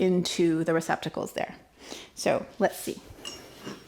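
A pulley post of a Fortus Maple Elite Home folding Pilates reformer is handled as it is placed toward its receptacle on the reformer frame, while someone talks. Nothing has seated or clicked into place yet.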